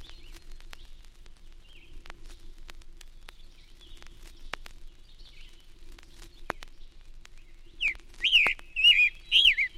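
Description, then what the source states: Scarlet Tanager song: after quiet crackle, a short run of quick, slightly hoarse slurred phrases near the end, each rising and falling. Robin-like song described as hurried and somewhat hoarse; heard as far south as Georgia.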